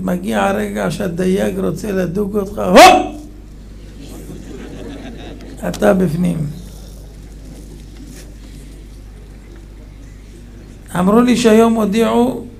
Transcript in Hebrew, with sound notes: מגיע הרגע שהדייג רוצה לדוג אותך, הופ!! (צחוק בקהל) אתה בפנים. אמרו לי שהיום הודיעו